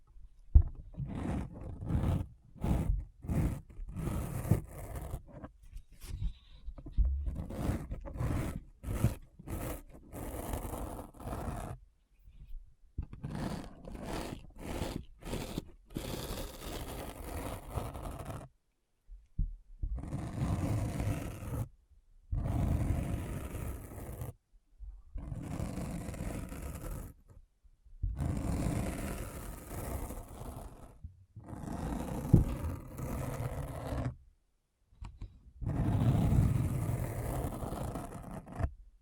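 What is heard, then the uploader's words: Deep scratching sounds come in quick bursts, rapid strokes early on giving way to longer rough passes separated by short silences. ASMR Deep Brain Scratch (No Talking).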